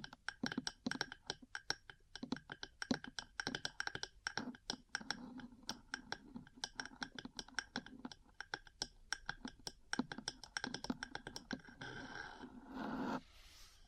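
Metal parts tapping and scratching, with dense, irregular clicks and clinks several times a second throughout. Bright, sharp hits mix with short scraping passages, and near the end the taps give way to a steadier scratching rasp before a final quiet moment.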